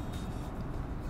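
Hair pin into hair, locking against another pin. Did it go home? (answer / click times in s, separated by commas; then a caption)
no / none. A metal hair pin is pushed into the hair right behind an earlier pin and catches on it, locking against the other pin. Only a steady, low, broadband rumble is heard, with no distinct click. Nothing has seated or clicked yet.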